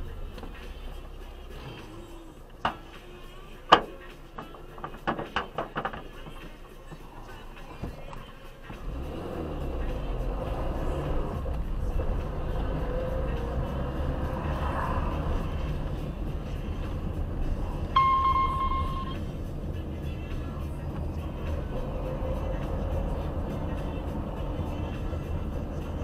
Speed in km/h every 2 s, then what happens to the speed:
1, 1, 0, 1, 2, 5, 21, 28, 28, 25, 26, 27, 28.
0-9 standing. 9-14 pulls away to 28. 14-26 steady at about 27.